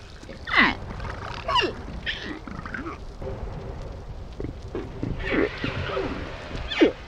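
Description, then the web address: Humpback whale sounds, a few falling sweeps and short squeals spaced irregularly over a rough, rumbling underwater background. "dradio 2017 04 26 deutschlandfunknova buckelwal 20170426"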